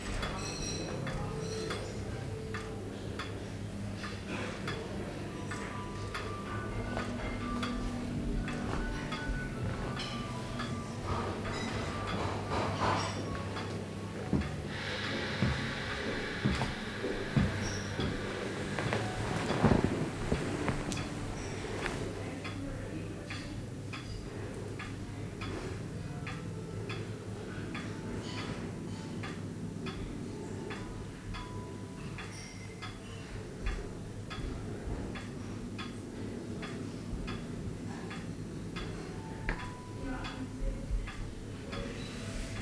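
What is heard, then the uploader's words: A grandfather clock ticks softly in a quiet library, its steady, regular beat running through the whole recording beneath a low room hum. Around the fifteen-to-twenty-second mark, brighter rustling and a sliding or shifting sound briefly rise, with faint murmurs of voices. Immersive Binaural 3D Audio: Sounds of Castel Fragsburg - Meran, Italien. Das leise Ticken der Standuhr in der Bibliothek.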